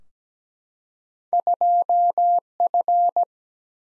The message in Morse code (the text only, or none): 2F